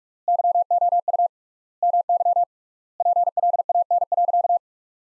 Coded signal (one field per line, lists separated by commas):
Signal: Morse code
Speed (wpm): 45 wpm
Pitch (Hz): 700 Hz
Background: none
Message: YOU MY PLAN.